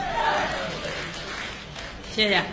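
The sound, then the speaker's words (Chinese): Thin, scattered applause from an audience at a New Year quyi (Chinese folk performing arts) show at the Huguang Guild Hall in Beijing, a patchy spread of claps rather than a full ovation, with voices rising briefly over it at the start and near the end. “谢谢现场所有热情的观众，您这么稀稀拉拉的掌声，谢谢大家。”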